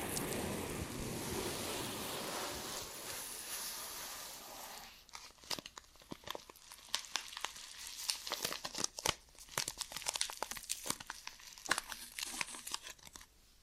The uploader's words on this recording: ASMR Ear & Scalp Massage and Cleaning Before Sleep (No Talking).